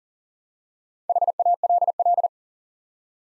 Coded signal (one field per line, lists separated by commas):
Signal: Morse code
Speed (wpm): 38 wpm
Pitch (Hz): 700 Hz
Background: none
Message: HALL